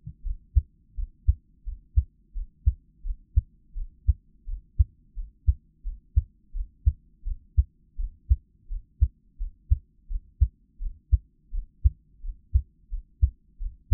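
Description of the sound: Steady, regular low heartbeat thumps at about 86 beats a minute from an adult's own heart, heard close up, with no talking.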